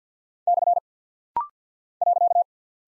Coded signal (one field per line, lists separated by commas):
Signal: Morse code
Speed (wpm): 50 wpm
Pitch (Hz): 700 Hz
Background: none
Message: / .